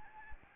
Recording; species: mosquito wingbeat signal from an infrared sensor; Aedes albopictus